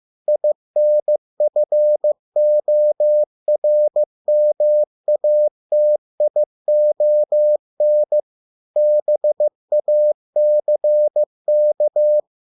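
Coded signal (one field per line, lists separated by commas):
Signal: Morse code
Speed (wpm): 15 wpm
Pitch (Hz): 600 Hz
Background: none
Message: INFORMATION BACK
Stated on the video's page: Morse practice of 100 English words at 15 WPM, for copying by ear.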